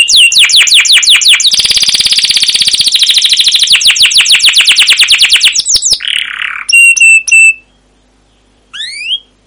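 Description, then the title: Canary song: a long stream of rapid high chirps merging into a rolling trill for several seconds, then a buzzy note, metallic pips, silence and brief chirps. Canary song used as a lure (pancingan) to train other canaries; described as long, continuous rolling song (gacor panjang, ngerol) with 'cuit cuit' notes. "CUIT CUIT NGEROL LANGSUNG GACOR PANJANG Kenari Pancingan KENAR. Masteran Suara Burung Kenari Gacor Panjang cuit cuit Ngerol untuk Pancingan Kenari!"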